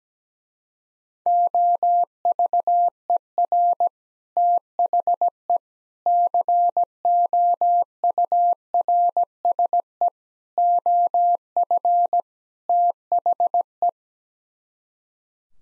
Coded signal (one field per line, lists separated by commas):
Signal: Morse code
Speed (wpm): 17 wpm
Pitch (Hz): 700 Hz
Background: none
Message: OVER THE COURSE OF THE